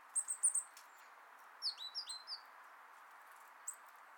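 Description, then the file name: Eurasian blue tit calls: a few thin, very high chirps in quick succession, then a cluster of short descending notes, and one last high note, over steady background hiss. "Cyanistes caeruleus"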